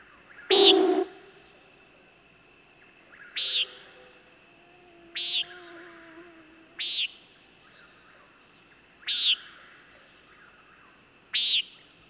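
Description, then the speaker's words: Common Nighthawk giving six nasal peent calls at uneven intervals, the first louder and broader, with a steady hum and faint lower tonal notes between them. Male in courtship display in the dark night sky, diving silently toward the ground and swooping up at the last moment, making an explosive ruffled sound with his wings. "an incredible courtship display. Scarcely visible in the dark sky, he silently dives toward the ground and then swoops up at the last moment, making an explosive ruffled sound with his wings."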